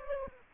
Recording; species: mosquito wingbeat signal from an infrared sensor; Aedes aegypti